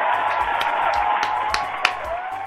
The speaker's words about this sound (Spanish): Date un aplauso solo, ¿puedes darte un aplauso solo? Aunque cada vez más triste este aplauso solo.